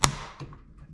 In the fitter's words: And then it locks in place.